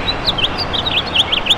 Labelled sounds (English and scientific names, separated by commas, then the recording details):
House Finch (Haemorhous mexicanus) song
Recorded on Long Island, New York, on 6 June 2011
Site FL
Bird A